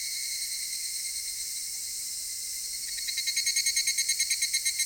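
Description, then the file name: Cicada song, a dense high buzzing drone that turns into rapid regular pulses for the last two seconds. Recorded in Japan. "Cigales nippon"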